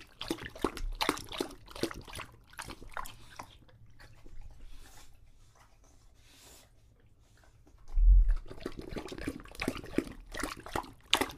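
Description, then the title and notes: English Bulldog lapping water, pausing through a quiet stretch, then a thump and renewed splashing laps. English Bulldog named Lucho drinking water from a bowl after a long walk, breathing heavily and out of breath between drinks. "English Bulldog Drinks from Water Bowl - Weird Sounds. listen to Lucho the English Bulldog as he tries to drink water after a long walk. Don't let his heavy breathing fool you in between drinks, he's equally out of breath from the walk"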